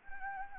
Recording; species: mosquito wingbeat signal from an infrared sensor; Anopheles gambiae